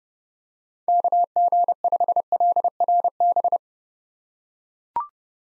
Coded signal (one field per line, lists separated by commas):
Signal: Morse code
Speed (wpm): 31 wpm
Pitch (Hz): 700 Hz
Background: none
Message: KG5LRB